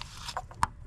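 An electrical connector is pushed into its socket on the 3.6L V6 Pentastar engine of a 2012 Chrysler 300 during an oil filter housing change. After light rubbing and scraping, a sharp click at 0.6 s confirms the connector is seated and locked, and then its red locking tab is pushed down.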